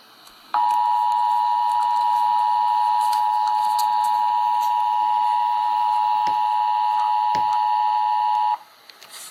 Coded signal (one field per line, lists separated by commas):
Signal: Emergency Alert System (SAME) tones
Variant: 853 and 960 Hz attention tone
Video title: Emergency Alert System - Air Quality Alert - Jul 16, 2026 at 9:51 AM EDT